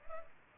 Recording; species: mosquito wingbeat signal from an infrared sensor; Culex pipiens